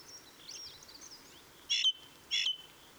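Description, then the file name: Ring ouzel song: two loud, clipped piping notes about half a second apart, following faint high twittering from other birds. Recorded 26 April 2014; song. "Ringdrossel. Michle Pron"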